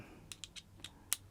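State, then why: Seated. A metal screwdriver bit from a motorcycle tool kit is pushed into a quick-release bit holder, with a series of short, sharp clicks around 0.3, 0.4, 0.6 and 0.8 seconds. A loud, crisp click at 1.1 seconds marks the bit locking in place, followed by another sharp click at 1.3 seconds. The bit is seated securely in the holder.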